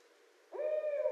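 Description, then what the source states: Barred owl giving a single drawn-out hoot that slides up and then holds steady, sounding clear and mellow. Recorded 2012-02-24.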